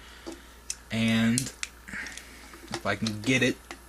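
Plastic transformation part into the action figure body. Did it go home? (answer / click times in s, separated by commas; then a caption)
no / none. A plastic section of an Animated Grimlock action figure's T-Rex head assembly is worked into position in the figure's body during transformation, producing short plastic handling ticks and rattles while someone talks. The clip ends before the part goes home; nothing has seated or clicked yet.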